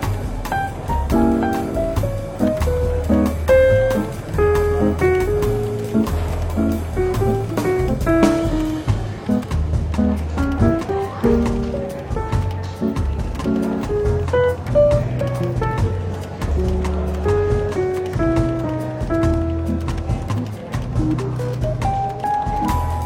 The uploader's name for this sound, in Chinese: 伦敦书店咖啡馆轻微喧闹氛围与柔和轻松的爵士背景音乐